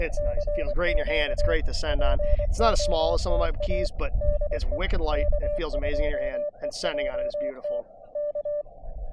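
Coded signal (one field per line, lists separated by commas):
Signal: Morse code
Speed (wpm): 23 wpm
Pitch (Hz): 590 Hz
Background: speech, radio noise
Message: CQ POTA DE K2EJT K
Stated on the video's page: Quick Parks on the Air activation from a state forest fire tower, with bands in good shape.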